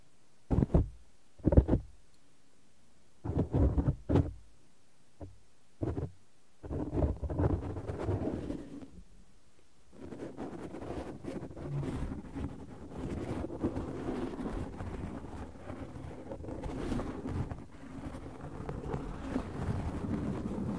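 Cotton and tweezers rustle and scrape in short, separate bursts during the first ten seconds, with quiet gaps between them. After that the handling turns continuous, a dense, low, fluffy rubbing and crackling that carries on steadily with small swells to the end.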